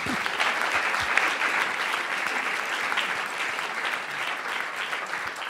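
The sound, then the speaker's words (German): An audience claps steadily for several seconds, a dense, even wash of many hands with no pauses and no voices standing out. “Das ist auch ein Applaus wert, finde ich.”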